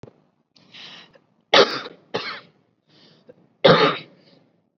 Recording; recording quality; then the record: heavy voluntary cough; excellent, no background noise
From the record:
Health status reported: COVID-19 positive, mild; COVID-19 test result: positive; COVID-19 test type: RT-PCR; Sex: male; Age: 26 years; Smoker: no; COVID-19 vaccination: one dose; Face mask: worn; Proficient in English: yes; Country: India